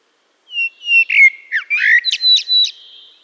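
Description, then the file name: Eurasian blackbird song: a low fluty warble that moves into three sharp high squeaky notes at the end. "Turdus merula"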